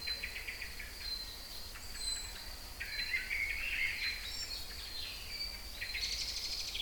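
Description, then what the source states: Songbirds singing, busy high twittering with a warbled whistled phrase midway and a brighter burst of trills near the end. Kouri Forest, Thessaloniki, Greece; recorded 22 05 12 at 18:35.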